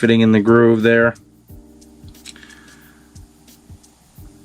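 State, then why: Not seated. Someone talks briefly while a small metal retaining clip inside a Shure BETA 57A dynamic microphone is pressed with a small screwdriver toward its groove in the microphone body. Faint scraping and small ticks follow over a low steady hum. Nothing has seated or clicked yet.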